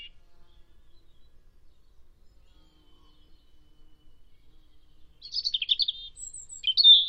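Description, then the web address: European robin giving a quick warbled burst after a long quiet stretch, then thin high notes and a final bright squeaky phrase. "Deverinetal 2025"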